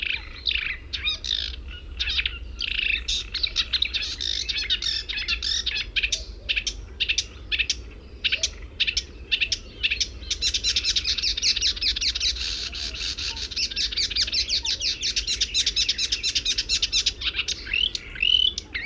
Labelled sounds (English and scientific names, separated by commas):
Marsh Warbler (Acrocephalus palustris) song